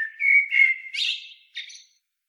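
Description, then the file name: Eurasian blackbird song: smooth fluted whistles rising into a burst of high scratchy notes, then a last brief twitter. "Turdus merula"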